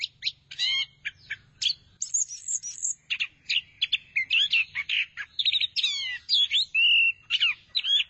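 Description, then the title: Thrush song of crisp, high chirps and short trills, given in quick phrases with brief pauses, some notes sliding down and others stuttered. "burung anis x"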